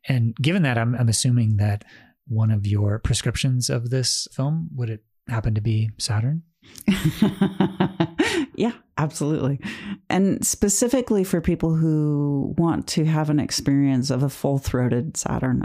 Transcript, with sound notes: And given that, I'm assuming that one of your prescriptions of this film, would it happen to be Saturn?
(laughs) Yeah, absolutely. And specifically for people who want to have an experience of a full throated Saturn.